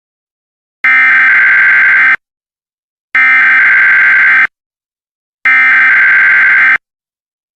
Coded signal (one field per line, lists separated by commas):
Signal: Emergency Alert System (SAME) tones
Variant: header bursts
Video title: EAS Scenario - The Armageddon